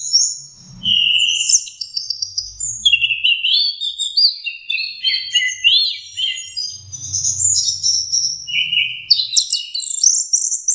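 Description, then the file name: Orange-headed thrush singing a continuous medley of sweet, slurred whistles and chattering trills that jump between pitches, with brief low rumbling in the background. Masteran (training) recording. "suara masteran anis merah"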